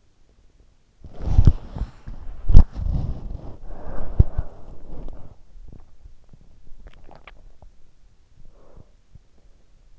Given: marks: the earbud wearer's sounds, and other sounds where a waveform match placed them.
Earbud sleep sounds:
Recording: sounds in sleep by an in-ear microphone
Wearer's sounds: body movement, swallowing, breath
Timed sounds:
0.00-6.82 s: body movement
6.82-8.43 s: swallowing
8.31-9.93 s: breath

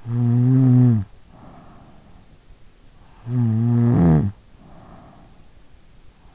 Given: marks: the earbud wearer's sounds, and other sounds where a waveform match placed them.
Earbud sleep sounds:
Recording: sounds in sleep by an in-ear microphone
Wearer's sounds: snoring breath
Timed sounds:
0.00-2.23 s: snoring breath
3.14-5.64 s: snoring breath

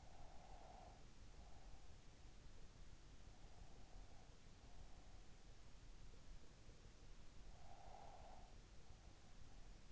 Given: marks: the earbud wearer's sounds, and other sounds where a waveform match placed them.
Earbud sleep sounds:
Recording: sounds in sleep by an in-ear microphone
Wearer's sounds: breath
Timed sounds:
0.00-1.91 s: breath
7.57-8.68 s: breath

